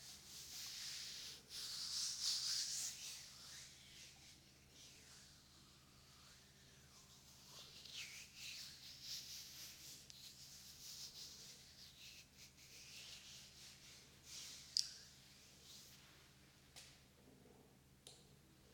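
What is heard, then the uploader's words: Ear massage with lotion: soft, continuous rubbing and squishing with a bright, hissy texture that swells and fades. The first few seconds are loudest, then the strokes settle into a quieter, uneven rhythm, with a couple of sharp clicks near fifteen and eighteen seconds. ASMR Ear Lotion Ear Massage Ear Cupping.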